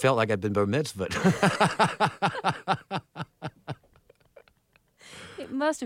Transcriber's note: soundbite of laughter